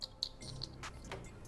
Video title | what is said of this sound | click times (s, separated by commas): Chopped Fender and Saddlebag Kit for Baggers | these only go on one way just slide them in in till you hear it click here I have the brown wire which is your right side | 0.2 s